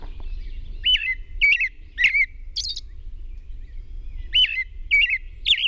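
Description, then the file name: Robin song of repeated falling whistles punctuated by sharp ticks, with one higher buzzy phrase in the middle and a low hum in the background. At dawn on 21 June 2001. "2001-06-21 Robin Dawn PW"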